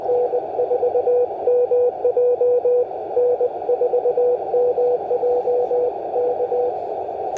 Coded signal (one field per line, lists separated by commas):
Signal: Morse code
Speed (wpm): 20 wpm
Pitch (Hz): 490 Hz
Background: radio noise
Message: N4MJ N4MJ K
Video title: FT 817 for SOTA